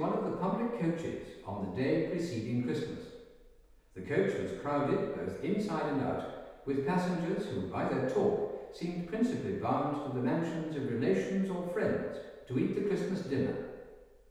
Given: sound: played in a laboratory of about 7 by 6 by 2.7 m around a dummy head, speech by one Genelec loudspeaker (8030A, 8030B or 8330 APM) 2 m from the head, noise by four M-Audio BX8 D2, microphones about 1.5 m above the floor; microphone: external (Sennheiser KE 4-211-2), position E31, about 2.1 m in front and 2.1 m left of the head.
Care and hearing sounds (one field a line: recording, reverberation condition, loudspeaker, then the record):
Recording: male speech in English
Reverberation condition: high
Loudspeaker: 150 degrees to the right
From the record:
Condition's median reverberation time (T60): about 1300 ms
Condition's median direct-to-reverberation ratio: about -4.0 dB